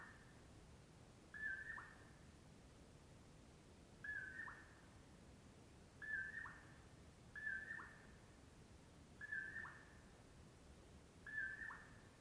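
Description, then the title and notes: Common poorwill repeating its mellow whistled poor-will call several times at irregular intervals. Early morning before 4:30 am, 6 July 2016, early summer, in Washington; mellow poor-will-low call. "On the morning of 06 July, 2016, I awoke to the mellow “poor-will-low” of a Common Poorwill"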